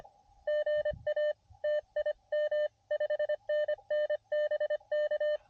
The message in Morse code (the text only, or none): GA TIM 5NN BK